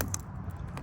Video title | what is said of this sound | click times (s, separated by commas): How to install headlight bulbs on 2020-2023 Nissan Sentra | And you're gonna hear a snap, | 0.1 s